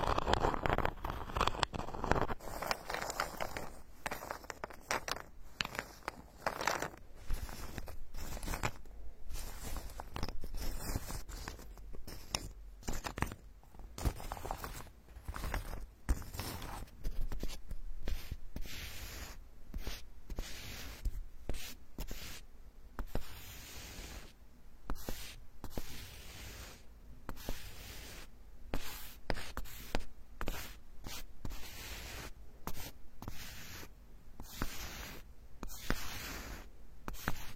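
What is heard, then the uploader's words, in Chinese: Tapping and handling of wooden blocks, boards and other wooden objects. Sharp knocks and clicks come in quick, irregular clusters for the whole clip, mixed with softer scratching and rubbing between the taps. 木块儿、木板、木制品的触发音。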